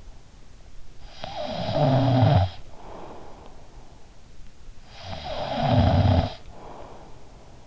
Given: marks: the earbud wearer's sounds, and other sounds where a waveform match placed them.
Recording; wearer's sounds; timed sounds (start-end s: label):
sounds in sleep by an in-ear microphone; snoring breath
0.64-3.73 s: snoring breath
4.56-7.67 s: snoring breath